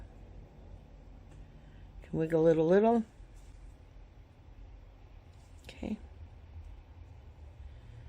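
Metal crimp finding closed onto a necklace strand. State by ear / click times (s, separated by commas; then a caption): not seated / none. A metal crimp finding is being closed onto a necklace strand with pliers, its two ends squeezed together. Someone talks briefly, then a short sharp tap sounds at about 5.7 s over a quiet background. Nothing has seated or clicked yet.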